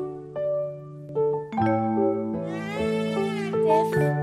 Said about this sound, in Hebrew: החתולים מייללים, הם רעבים ועצובים.